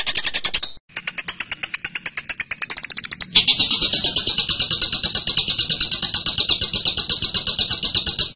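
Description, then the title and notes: Bird song: after a brief gap, a fast series of thin high chips gives way to a long run of rich, slightly lower repeated notes. Masteran training recording for birds to learn song. "MASTERAN BURUNG. suarane manok"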